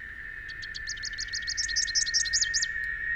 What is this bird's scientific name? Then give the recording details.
Basileuterus rufifrons. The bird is a male. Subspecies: rufifrons. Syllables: 24. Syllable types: 7. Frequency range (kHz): 2.8-7.4 kHz. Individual YA-SWG-M